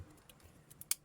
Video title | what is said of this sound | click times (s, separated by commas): realme 7 black screen.how to change LCD.tagalog tutorial video. | So kahit diniin niyong ganon na tumunog ibig sabihin lumapat na yan. | 0.9 s